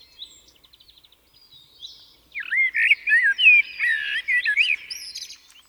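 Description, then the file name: Common blackbird: faint rapid ticking notes, then a common blackbird bursts into loud, mellow, swooping warbled phrases for several seconds, with high twittering birds behind. "Turdus merula"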